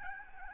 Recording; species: mosquito wingbeat signal from an infrared sensor; Aedes albopictus